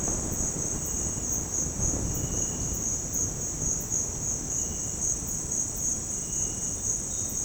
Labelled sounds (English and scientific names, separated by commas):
none